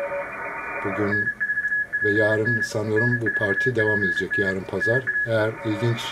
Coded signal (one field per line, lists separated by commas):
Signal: Morse code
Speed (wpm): 33 wpm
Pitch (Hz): 1700 Hz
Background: speech, radio noise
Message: N4PN N4PN NA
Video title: NAQP - 2018 North American QSO Party - NA5B sdr receiver